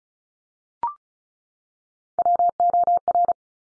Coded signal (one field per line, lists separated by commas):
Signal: Morse code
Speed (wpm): 36 wpm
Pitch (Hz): 700 Hz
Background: none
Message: WOR